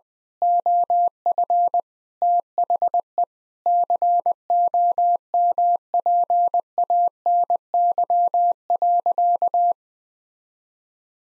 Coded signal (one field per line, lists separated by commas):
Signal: Morse code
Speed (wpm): 20 wpm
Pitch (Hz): 700 Hz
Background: none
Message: OF THE COMPANY.